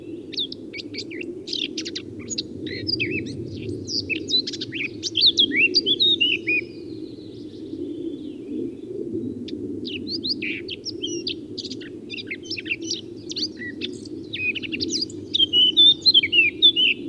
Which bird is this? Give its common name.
Eurasian Blackcap